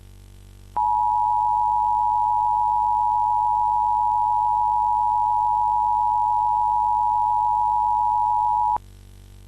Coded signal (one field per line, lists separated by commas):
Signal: Emergency Alert System (SAME) tones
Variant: 853 and 960 Hz attention tone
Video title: EAS Mock 20: London Weather Radio Network RWT